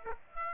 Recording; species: mosquito wingbeat signal from an infrared sensor; Aedes aegypti